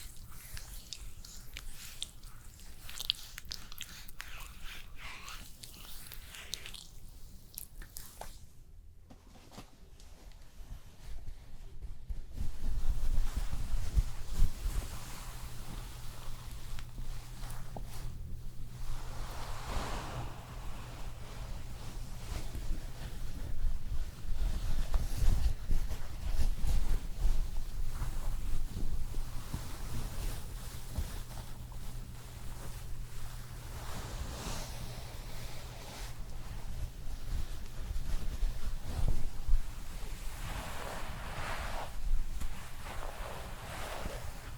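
Layered spa facial sounds: soft rustling, brushing and wiping textures with gentle surf-like swells of hiss. A steady low hum runs underneath from about twelve seconds on, after a brief quieter stretch, with louder swells near 25 and 40 seconds.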